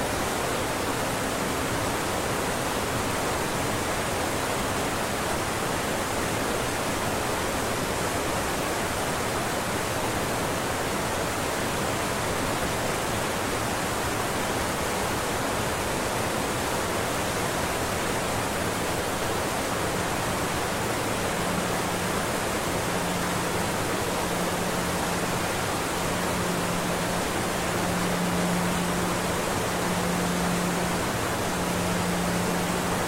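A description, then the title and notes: A waterfall roars in a dense, unbroken rush that fills everything from deep rumble to bright hiss, holding the same level throughout. A faint low hum sits beneath it at the start and returns from about twenty seconds, gently pulsing. Waterfall.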